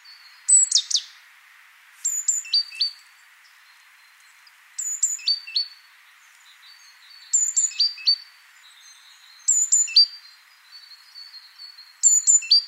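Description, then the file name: Great tit calling: sharp, descending high-pitched note clusters every few seconds, with faint thin tones between the bursts and steady background hiss. "Parus major"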